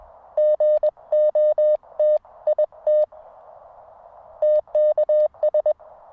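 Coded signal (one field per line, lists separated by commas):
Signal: Morse code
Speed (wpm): 21 wpm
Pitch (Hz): 610 Hz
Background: none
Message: GOT IT TKS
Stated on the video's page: Portable HF station using a Weber MTR with a 49:1 half-wave end-fed transformer.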